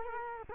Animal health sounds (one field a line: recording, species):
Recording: mosquito wingbeat signal from an infrared sensor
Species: Culex quinquefasciatus